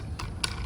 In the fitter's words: put that in here it click